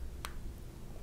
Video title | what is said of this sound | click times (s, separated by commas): The Lamy AL-Star | cap has a little bit of a light snap to it you can barely hear it but it snaps on | 0.2 s